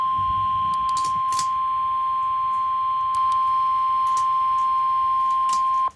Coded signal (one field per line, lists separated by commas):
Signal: Emergency Alert System (SAME) tones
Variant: 1050 Hz attention tone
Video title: Severe Thunderstorm Watch #325 - EAS #436